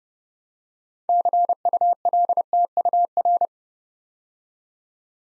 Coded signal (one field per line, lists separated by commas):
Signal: Morse code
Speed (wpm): 30 wpm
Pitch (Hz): 700 Hz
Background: none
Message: CULTUR